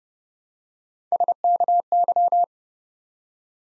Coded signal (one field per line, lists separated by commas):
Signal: Morse code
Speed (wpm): 30 wpm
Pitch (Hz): 700 Hz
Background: none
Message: SKY